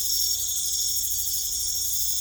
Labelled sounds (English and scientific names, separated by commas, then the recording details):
none
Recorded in secondary vegetation near Puerto Asís, Putumayo, Colombia, on 16 December 2024 at 19:00
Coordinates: 0.468, -76.324
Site G095